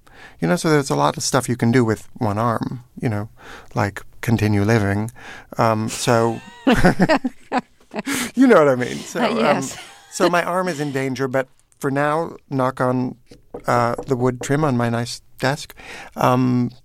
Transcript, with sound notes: You know, so there's a lot of stuff you can do with one arm, you know, like continue living.
(LAUGHTER)
So - you know what I mean. So my arm is in danger, but for now, knock on the wood trim on my nice desk,